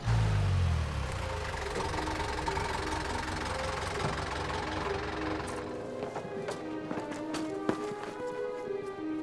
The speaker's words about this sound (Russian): К дому Джека подъехали военные.